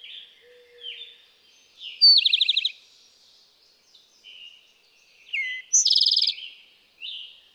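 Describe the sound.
Eastern towhee song: sharp introductory notes then a brisk ringing trill, with a chorus of other birds behind, including a loud pulsed phrase.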